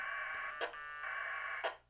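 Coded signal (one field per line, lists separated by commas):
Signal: packet radio (AX.25, as in APRS)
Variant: 1200 baud AFSK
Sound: two short raspy warbling data bursts with clicks between them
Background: radio static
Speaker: That's what packet radio sounds like.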